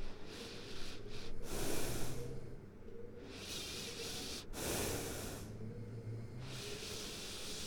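Snoring from a sleeping adult.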